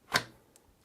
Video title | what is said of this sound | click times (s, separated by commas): How To Install A Graphics Card & Remove Drivers AMD Or Nvidia DDU Software Cleaner | and you should find that there's a click when you've clicked or push in you should find that that pci express | 0.2 s